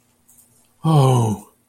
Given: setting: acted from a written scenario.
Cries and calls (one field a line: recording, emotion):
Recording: vocal sound without words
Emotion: guilt